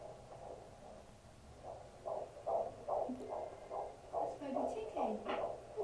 Baby heartbeat.